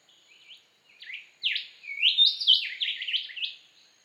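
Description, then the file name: Rufous whistler song: a run of varied whistled notes that starts softly and grows into rich, rapid swooping phrases, rising and falling in pitch. "Rufous Whistler Pachycephala rufiventris"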